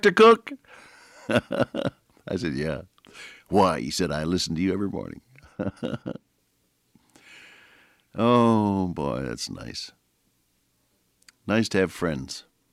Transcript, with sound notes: Cook?” [chuckle] I said, “Yeah.” “Why,” he said, “I listen to you every morning.” [chuckle] Oh, boy, that’s nice. Nice to have friends,